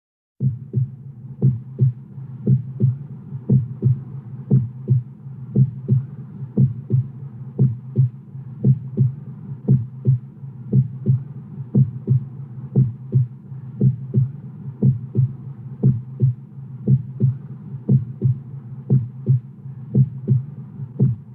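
An adult's heartbeat.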